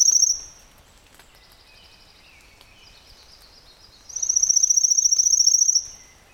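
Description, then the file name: Pale-legged leaf warbler singing a very high, dry, pulsed trill, once cut at the start and again later for almost two seconds, with faint thin bird notes in the pause. "warbler-pale-legged-leaf a-Phylloscopus-tenellipes"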